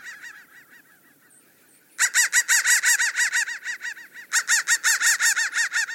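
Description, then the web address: Crow calling, faint rapid caws at first, then abruptly louder at two seconds, dipping and surging again just past four seconds. "soundfactory crow 1"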